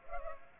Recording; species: mosquito wingbeat signal from an infrared sensor; Culex pipiens